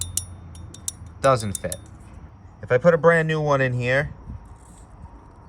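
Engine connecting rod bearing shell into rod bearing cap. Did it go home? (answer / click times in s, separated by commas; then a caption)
no / none. A worn original connecting rod bearing shell, a thin metal half-shell from a Mitsubishi 4G63T engine, is pressed into the rod bearing cap but will not seat because it just doesn't fit. A few sharp metallic clinks sound near 0.0, 0.2 and 0.9 seconds, then someone talks. Nothing has seated or clicked yet; a brand-new shell is only brought up afterward as one that snaps into place with no gap.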